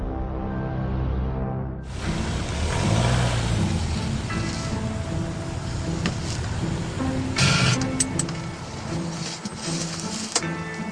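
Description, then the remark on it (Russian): A Zhiguli car engine drones steadily, then a sudden loud burst of harsh noise erupts as the car skids into oncoming traffic and crashes, followed by several seconds of grinding, rattling commotion. “Авария здесь, авария.”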